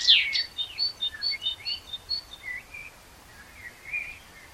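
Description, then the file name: Common blackbird with an opening high downward sweep, followed by a quick string of short, thin, high notes that fade into softer, lower twitters. "Turdus merula"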